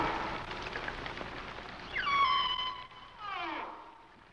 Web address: Whale Songs Sounds of Nature - Humpback Whales